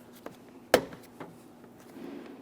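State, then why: Seated. On a 2014-2019 Toyota Corolla, the lock cable is swung over and latched into the inside door handle assembly. A sharp click at 0.7 s is the cable end seating, with fainter taps before and after it. Both cables are confirmed secured.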